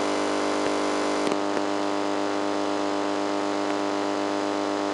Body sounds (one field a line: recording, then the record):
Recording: brain microelectrode recording played as sound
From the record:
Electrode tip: inside the subthalamic nucleus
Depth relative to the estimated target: -3 mm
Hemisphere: left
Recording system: NeuroSet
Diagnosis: Parkinson's disease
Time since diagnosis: 8 years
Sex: male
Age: 58 years